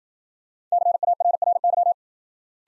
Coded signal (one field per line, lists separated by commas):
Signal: Morse code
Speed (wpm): 52 wpm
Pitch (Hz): 700 Hz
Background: none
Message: CARRY